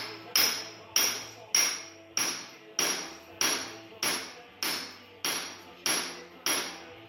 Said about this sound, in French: Oui, les premiers, c'est la taille de pierre à l'état brut, c'est souvent utiliser des outils que je vais pas qualifier d'archaïques, mais qui sont quand même rudimentaires, ces marteaux burins.